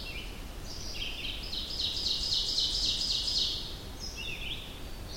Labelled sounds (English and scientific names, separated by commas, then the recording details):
Ovenbird (Seiurus aurocapilla) song
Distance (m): 30 m
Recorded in boreal forest in Alberta, Canada, on 25 June 2016 at 08:21
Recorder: SongMeter 3, array SBT-6-76
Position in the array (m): 30 m, 108 m
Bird 2